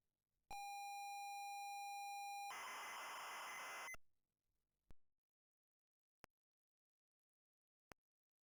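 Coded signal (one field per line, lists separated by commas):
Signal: ZX Spectrum tape loading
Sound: steady high pilot tone for two seconds, then harsh buzzing data burst, then three clicks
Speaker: well let's load those 256 bytes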